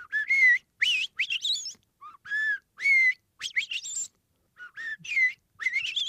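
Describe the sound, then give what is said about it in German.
A Eurasian blackbird sings in repeated phrases: mellow, fluting low whistles that rise and break into higher, squeaky twittering flourishes, separated by short pauses, with no talking. “Unterm Strich beeindrucken so selbst einzelne Vögel mit einem erstaunlichen Lautrepertoire, zum Beispiel die Amsel. Die hat nicht nur ihren Gesang.”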